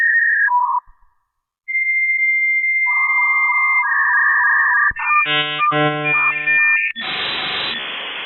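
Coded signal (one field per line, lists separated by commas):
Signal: dial-up modem handshake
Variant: 56k modem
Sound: dialing tones, pause, steady answer tone, warbling tone bursts, then loud wideband hiss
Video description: Dial up sound. 56k internet modem noise. Dial up modem connecting to the Internet. Phone dialing.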